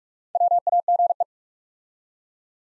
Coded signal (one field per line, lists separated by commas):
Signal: Morse code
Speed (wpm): 44 wpm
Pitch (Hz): 700 Hz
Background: none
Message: WAGE